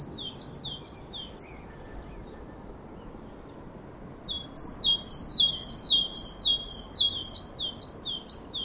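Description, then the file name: Great tit giving see-sawing two-note whistles, a short run followed by silence, then a longer, louder burst of the same rapid repeated phrase. "Parus major"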